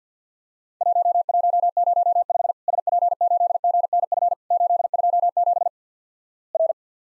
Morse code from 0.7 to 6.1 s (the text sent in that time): 1105 SP8GNF 827